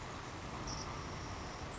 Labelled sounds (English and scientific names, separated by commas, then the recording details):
Savannah Sparrow (Passerculus sandwichensis)
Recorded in Sonoma County, California